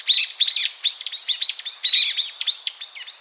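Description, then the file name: Brown-eared bulbul uttering loud, slurred rising-falling squeals in a quick series, each note distinct. "Ixos amaurotis"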